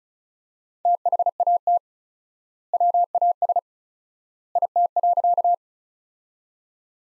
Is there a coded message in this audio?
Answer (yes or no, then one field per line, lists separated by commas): yes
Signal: Morse code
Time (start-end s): 0.9-5.5 s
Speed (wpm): 36 wpm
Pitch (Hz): 700 Hz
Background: none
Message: THAT WAS IT.